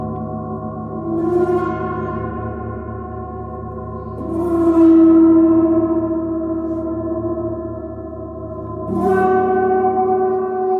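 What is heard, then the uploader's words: The Chiron gong rings with a dense, shimmering drone full of layered tones, swelling and beating slowly. Fresh strikes land around four and nine seconds, each adding a bright splash on top before settling back into the sustained, slightly wavering hum. The sounds of the Chiron Gong.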